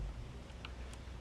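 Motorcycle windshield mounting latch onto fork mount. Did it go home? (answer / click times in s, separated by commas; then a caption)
yes / 0.6 s. A motorcycle windshield's mounting latch is pressed onto its fork mount on one side. A single short, sharp tick sounds at 0.65 s over a low background hum. The latch locks in place on its mount.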